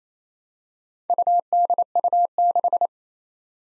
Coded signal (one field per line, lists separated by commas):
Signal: Morse code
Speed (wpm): 29 wpm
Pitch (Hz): 700 Hz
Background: none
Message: UDU6